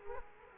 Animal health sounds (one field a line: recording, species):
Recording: mosquito wingbeat signal from an infrared sensor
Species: Culex quinquefasciatus